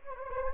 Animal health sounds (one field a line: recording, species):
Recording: mosquito wingbeat signal from an infrared sensor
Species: Anopheles gambiae